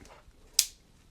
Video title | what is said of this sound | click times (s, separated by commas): Oneleaf Commander NV100 Night Vision Review | and locks in place and becomes one unit | 0.6 s